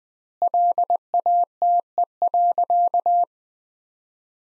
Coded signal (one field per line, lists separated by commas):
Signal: Morse code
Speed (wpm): 20 wpm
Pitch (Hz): 700 Hz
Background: none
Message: LATE.